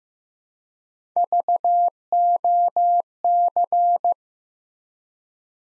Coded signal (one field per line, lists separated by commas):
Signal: Morse code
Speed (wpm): 15 wpm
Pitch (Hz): 700 Hz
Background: none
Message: VOC